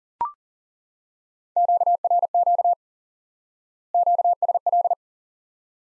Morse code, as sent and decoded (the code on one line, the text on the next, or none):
--.- .-. --.- / --.- ... .-..
QRQ QSL